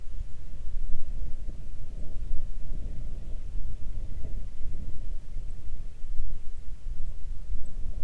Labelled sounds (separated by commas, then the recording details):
wind
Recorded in the Arctic National Wildlife Refuge, Alaska, on 3 June 2019 at 04:51
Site 37